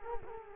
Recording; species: mosquito wingbeat signal from an infrared sensor; Culex quinquefasciatus